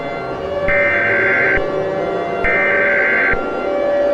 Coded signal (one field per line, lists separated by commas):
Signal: Emergency Alert System (SAME) tones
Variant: header bursts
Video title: EAS Scenario #3.2 - Core-Break Virus (Part 1)